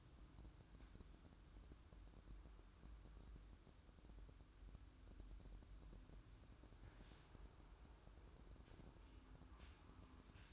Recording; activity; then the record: daily activity, microphone in the room; start toaster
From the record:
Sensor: 2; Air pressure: 1007.0 hPa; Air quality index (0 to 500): 40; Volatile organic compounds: 1 ppm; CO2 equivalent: 539 ppm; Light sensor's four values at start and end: 6/13/5/5 and 6/13/5/6